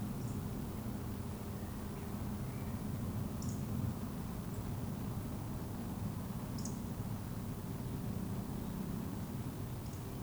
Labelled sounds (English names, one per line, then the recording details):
Eurasian Woodcock whistle
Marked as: whistle, whistle, whistle, whistle
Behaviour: display flight
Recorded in Baden-Württemberg, Germany, on 24 June 2020 at 20:14 UTC
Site 14569, 102 m above sea level